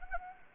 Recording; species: mosquito wingbeat signal from an infrared sensor; Anopheles gambiae